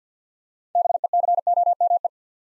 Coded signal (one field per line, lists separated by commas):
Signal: Morse code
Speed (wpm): 50 wpm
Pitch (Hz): 700 Hz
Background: none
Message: BECOME